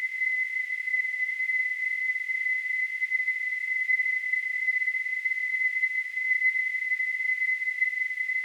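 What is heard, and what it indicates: Simulated tinnitus: a steady, continuous high-pitched tone near 2 kHz with a faint hiss above it, unchanging throughout.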